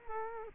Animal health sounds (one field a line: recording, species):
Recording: mosquito wingbeat signal from an infrared sensor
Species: Culex quinquefasciatus